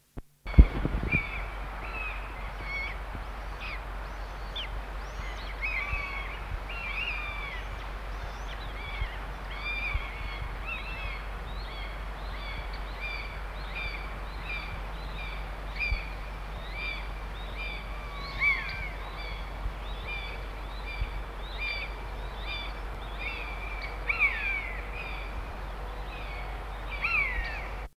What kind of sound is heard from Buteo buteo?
call